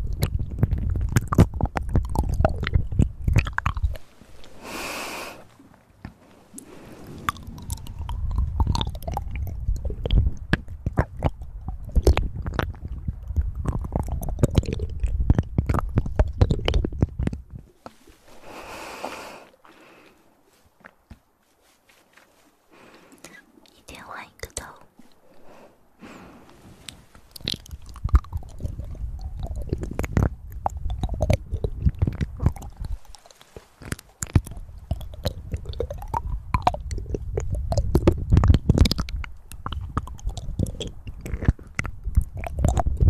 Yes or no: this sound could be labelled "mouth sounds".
yes